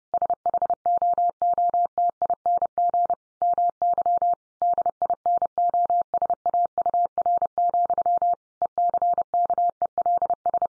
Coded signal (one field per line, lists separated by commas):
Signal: Morse code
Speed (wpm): 30 wpm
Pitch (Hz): 700 Hz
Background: none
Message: SHOOTING MY DINOSAUR, ECKELS